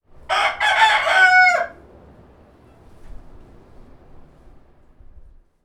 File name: Bede S World Rooster